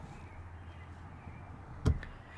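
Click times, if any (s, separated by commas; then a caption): 1.9 s, 2.0 s. The rear seat of a 2020 Mazda CX-9 SUV is slid along its seat track and the mechanical slide lever is released so the seat rail latches. Over a low, steady background rumble, a sharp, firm click lands at 1.9 s, followed by a smaller click at 2.0 s. The lever gives a positive click and the seat is locked in place.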